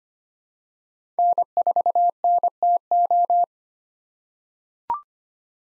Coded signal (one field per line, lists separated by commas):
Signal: Morse code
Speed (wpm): 25 wpm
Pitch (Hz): 700 Hz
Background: none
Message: N4NTO